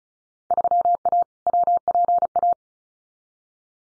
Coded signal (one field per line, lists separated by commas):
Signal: Morse code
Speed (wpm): 36 wpm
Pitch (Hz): 700 Hz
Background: none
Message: 3A WPA